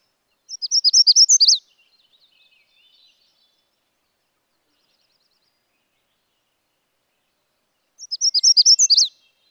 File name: Magnolia Warbler